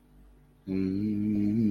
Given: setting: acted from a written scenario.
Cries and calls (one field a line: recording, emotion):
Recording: vocal sound without words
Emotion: serenity